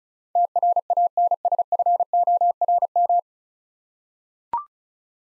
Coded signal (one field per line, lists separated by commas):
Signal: Morse code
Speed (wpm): 34 wpm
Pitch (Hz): 700 Hz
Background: none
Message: TRANSFORM